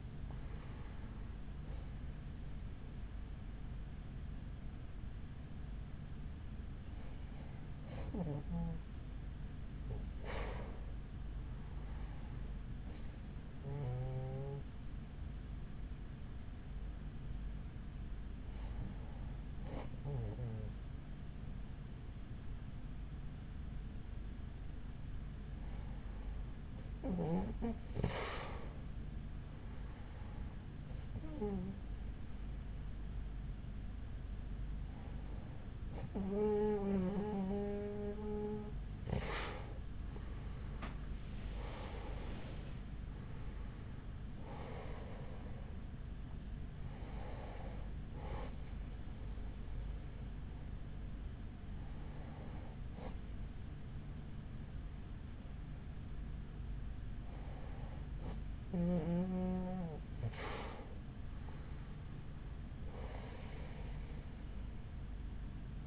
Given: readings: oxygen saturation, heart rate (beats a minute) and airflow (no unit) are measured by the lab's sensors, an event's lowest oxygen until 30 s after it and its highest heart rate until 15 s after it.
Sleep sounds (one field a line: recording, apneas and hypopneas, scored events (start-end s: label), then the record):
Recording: breathing in sleep by a smartphone at the bedside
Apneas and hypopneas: 1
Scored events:
11.00-41.90 s: hypopnea (N1, oxygen 95% highest, then 93% lowest, heart rate 43 at the start, 54 highest)
From the record:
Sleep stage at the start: N1 (lightest sleep)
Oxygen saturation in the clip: 93 to 95%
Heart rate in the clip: 42 to 54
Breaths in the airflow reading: 13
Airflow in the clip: -9.6 to 7.2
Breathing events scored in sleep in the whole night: 207 in 7.6 hours asleep